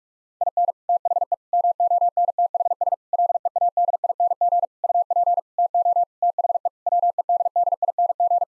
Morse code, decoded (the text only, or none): IN THE MONTHS LEADING UP TO THE WEDDING